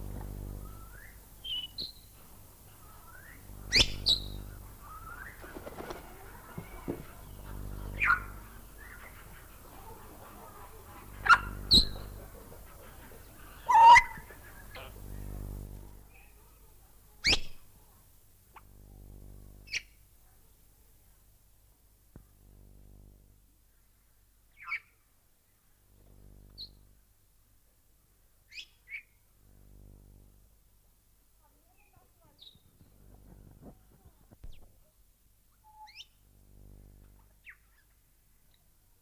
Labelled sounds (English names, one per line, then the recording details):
Grey Parrot call
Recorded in captivity
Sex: group
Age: adult
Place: Tierpark Berlin, Berlin, DE
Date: 1998-03-28 11:05
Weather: bedeckt, ca. 10°C
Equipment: Nagra SN, Kopie Uher 4000 Report Monitor
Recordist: Tembrock, Günter
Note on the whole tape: Gruppe: drei Tiere, diverse Laute